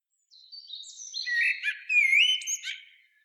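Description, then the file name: Common blackbird song: a single rich warbled phrase with squeaky high flourishes, rising and falling. "Turdus merula"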